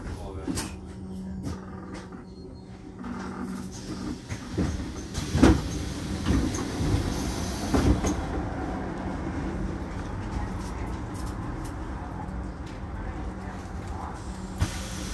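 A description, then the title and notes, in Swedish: A bus ride: a steady low engine rumble and road noise run throughout, with a faint hum held underneath. Sharp knocks and rattles break in every second or two in the first half, heaviest around five to eight seconds, with voices murmuring in the background. Lyssna in Min Bussresa - Lunchtid klockan 11:29.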